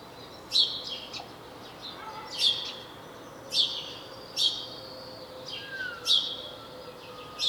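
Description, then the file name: House sparrow giving bright chirps at irregular intervals, with a few faint whistled notes over background noise. "Passer domesticus"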